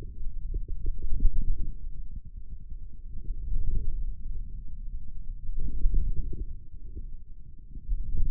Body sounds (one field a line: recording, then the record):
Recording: forearm muscle sounds (acoustic myography)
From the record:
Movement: wrist flexion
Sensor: system 2, bracelet of six BSWA MPA416 microphones around the upper forearm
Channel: 6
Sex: male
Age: 22 years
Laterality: right